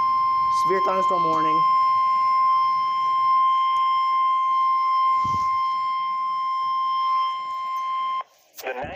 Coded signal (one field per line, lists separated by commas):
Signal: Emergency Alert System (SAME) tones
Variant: 1050 Hz attention tone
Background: speech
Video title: Eas Video Compilation (100th EAS!!!)